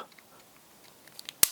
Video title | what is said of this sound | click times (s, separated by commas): New Springfield Armory TRP AOS Optics System 1911 Gun Review | Just like that. And then it rests into place. | 1.4 s